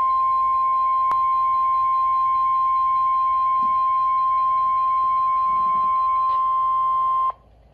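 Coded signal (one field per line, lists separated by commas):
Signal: Emergency Alert System (SAME) tones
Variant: 1050 Hz attention tone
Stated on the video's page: Severe thunderstorm warning SAME tones from the NOAA Weather Radio transmitter serving Columbus, Ohio.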